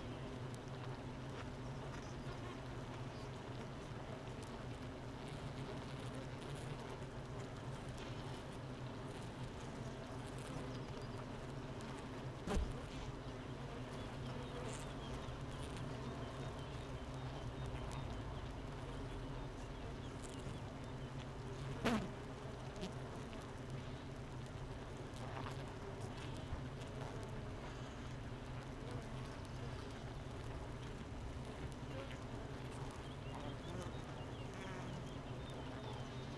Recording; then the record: honeybee colony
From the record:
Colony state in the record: missing queen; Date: 31 May 2018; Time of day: 8:34